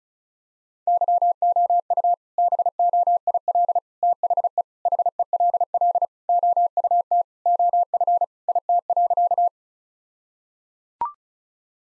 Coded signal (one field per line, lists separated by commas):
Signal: Morse code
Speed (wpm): 34 wpm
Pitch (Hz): 700 Hz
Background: none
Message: YOU BOIL THE HELL OUT OF IT.